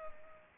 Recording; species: mosquito wingbeat signal from an infrared sensor; Culex pipiens